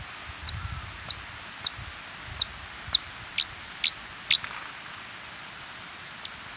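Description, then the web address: Sparkling violetear giving a steady series of sharp, high, downslurred chips roughly every half second, then a pause and one last note, over low rustling. Ecuador. "Natures Songs S America Birds of Ecuador. Sparkling Violetear"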